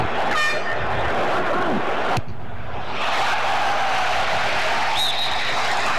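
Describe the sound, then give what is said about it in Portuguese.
A stadium crowd roars steadily at the Brazil vs Egypt football match at London 2012, while shrill whistles from the fans, not the referee, rise above it, a quick run of high tones early on and a thin, sustained whistle near the end, with no one talking. “Desde quando a gente ouve os apitos aí, mas não é do juiz não.”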